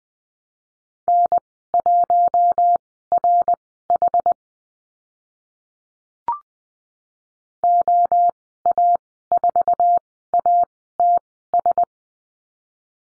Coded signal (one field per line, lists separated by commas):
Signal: Morse code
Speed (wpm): 20 wpm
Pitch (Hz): 700 Hz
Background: none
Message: N1RH OA4ATS